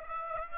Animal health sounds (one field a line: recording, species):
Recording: mosquito wingbeat signal from an infrared sensor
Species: Aedes aegypti